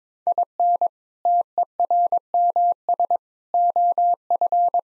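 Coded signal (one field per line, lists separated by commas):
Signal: Morse code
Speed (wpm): 22 wpm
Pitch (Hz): 700 Hz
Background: none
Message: IN TERMS OF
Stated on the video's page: Morse practice at 22 wpm: sentences of common three-word phrases, sent, spoken, then sent again.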